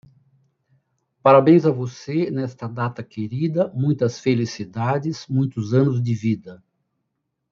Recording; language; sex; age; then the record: short text; Brazilian Portuguese; male; 60 to 69 years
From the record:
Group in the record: control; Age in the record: 62 years